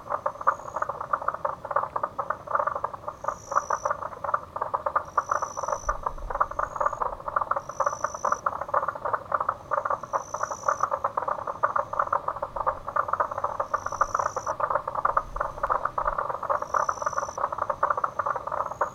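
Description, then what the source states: Frog: a steady chorus of frogs makes a constant pulsing hum, while short high whistling tones recur every second or two. Recorded with a Zoom recorder.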